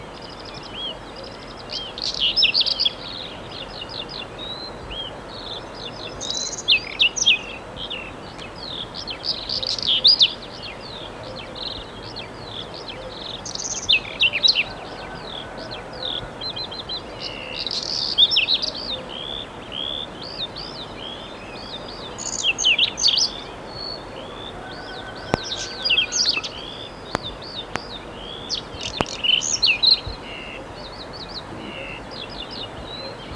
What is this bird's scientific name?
Saxicola rubetra